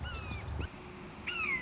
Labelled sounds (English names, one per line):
Red-shouldered Hawk